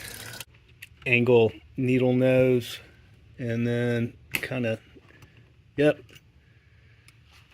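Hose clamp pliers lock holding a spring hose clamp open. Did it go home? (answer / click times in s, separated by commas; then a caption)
yes / 7.1 s. On a 2009 Volvo C70 T5, angled needle-nose hose clamp pliers squeeze open a metal spring hose clamp on a coolant hose while someone talks, with faint metallic scrapes and taps. At 7.1 s the pliers' lock clicks in and holds the clamp wide open.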